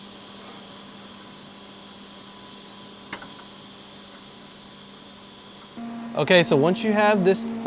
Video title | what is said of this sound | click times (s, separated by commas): JL Wrangler & JT Gladiator Front Fender Install | Inside the wheel well here, you're just gonna pop off this little wiring clip right here to get it out of the way. | 3.1 s